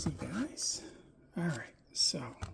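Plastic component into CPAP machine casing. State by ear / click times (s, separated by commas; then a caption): not seated / none. A plastic component is handled over the casing of a ResMed AirSense 11 CPAP machine during reassembly while someone talks in a soft, whispery voice, with a brief sharp tap near the end. Nothing has seated or clicked into place yet.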